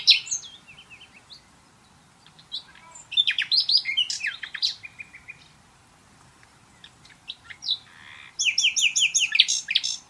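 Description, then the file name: Common nightingale song of varied slurred notes and chatters, ending in a loud, fast series of repeated sharp notes. "Luscinia megarhynchos"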